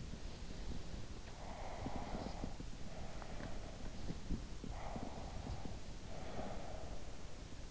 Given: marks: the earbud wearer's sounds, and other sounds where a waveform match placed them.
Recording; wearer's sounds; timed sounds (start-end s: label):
sounds in sleep by an in-ear microphone; breath
1.01-4.26 s: breath
4.32-7.71 s: breath